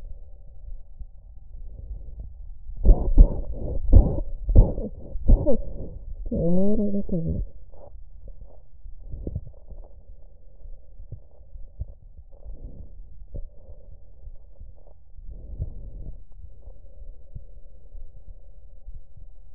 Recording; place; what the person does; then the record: lung sounds by stethoscope; right anterior apical chest; quiet breathing, then cough and speech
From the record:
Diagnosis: asthma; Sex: female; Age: 77 years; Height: 160 cm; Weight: 68.7 kg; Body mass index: 26.6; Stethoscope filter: extended mode